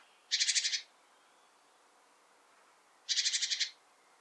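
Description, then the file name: Great tit giving harsh, buzzy rattling churrs, two short bursts about three seconds apart against a quiet background. "Parus major"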